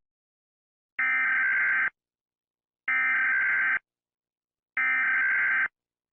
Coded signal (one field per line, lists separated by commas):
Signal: Emergency Alert System (SAME) tones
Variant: header bursts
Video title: EAS Scenario: One unfortunate soul